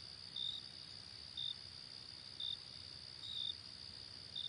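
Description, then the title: Cricket chirps, brief high pulses roughly once a second against a constant shrill insect hum. Night ambience. "Night Ambience with Cricket Sound"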